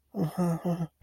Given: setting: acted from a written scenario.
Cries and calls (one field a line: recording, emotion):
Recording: vocal sound without words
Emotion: distress